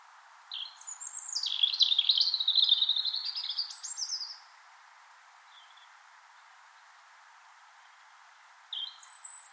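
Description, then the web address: European robin song: a long tumbling phrase of high liquid warbles and trills lasting about four seconds, then quiet, then another phrase starting, with soft background hiss. Recorded in Finland; song that brightens spring mornings. "Punarinta lauri hallikainen. muuttolintukalenteri punarinnan laulu sulostuttaa kevataamuja"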